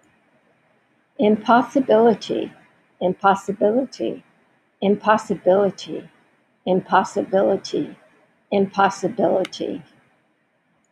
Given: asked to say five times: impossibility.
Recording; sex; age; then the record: repeated word; female; 70 to 79 years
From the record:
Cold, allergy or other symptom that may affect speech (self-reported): no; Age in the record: 75 years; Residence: Texas, United States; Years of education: 15